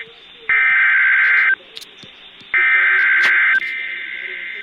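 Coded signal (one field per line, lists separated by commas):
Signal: Emergency Alert System (SAME) tones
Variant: header bursts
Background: speech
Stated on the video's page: Weather radio warning; the audio glitch comes from a personal recording error, not from the alert itself.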